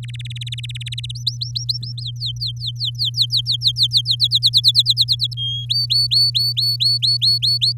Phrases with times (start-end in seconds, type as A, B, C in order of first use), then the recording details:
0.03-1.12 A, 1.15-2.02 B, 2.02-4.16 C, 4.20-5.34 D, 5.37-5.65 E, 5.69-7.72 F. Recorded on 7 May 2018 at 19:26. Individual llb16